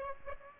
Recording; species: mosquito wingbeat signal from an infrared sensor; Aedes aegypti